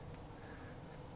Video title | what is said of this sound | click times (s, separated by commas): Half The Battle Toys NanoBotz Prototype Kits NB-001, NB-002, & NB-006 Review Part 1!!! | pops right in and you've got yourself | 0.1 s